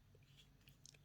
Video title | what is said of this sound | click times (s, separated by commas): Comment fabriquer une manette ( ps5 ) à palette 3/3 | Et ça se clipse dedans. | 0.9 s